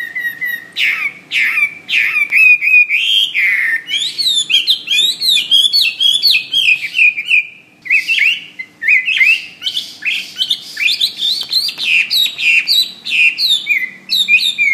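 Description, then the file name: Hwamei singing energetically: quick sequences of sliding whistles and clipped notes, repeated phrases with brief breaks. "omkicau hwamey"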